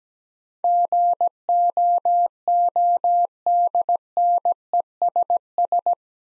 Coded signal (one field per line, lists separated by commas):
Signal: Morse code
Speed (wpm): 17 wpm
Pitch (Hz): 700 Hz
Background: none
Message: GOODNESS